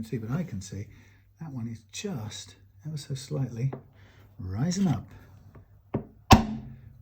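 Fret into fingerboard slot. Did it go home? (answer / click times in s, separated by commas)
yes / 5.9 s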